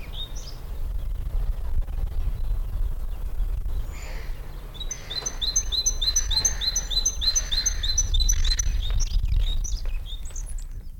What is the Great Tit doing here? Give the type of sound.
call